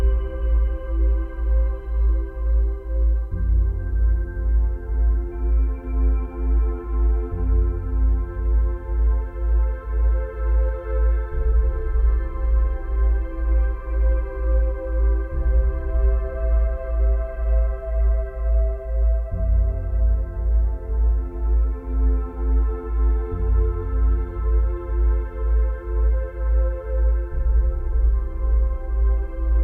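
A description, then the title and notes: Isochronic tones pulse rapidly and evenly over a deep, steady drone, the beats fast enough to blur into a throb. Every few seconds the low notes shift in a repeating pattern, while fainter tones ring above at constant loudness throughout. Isochronic Tones.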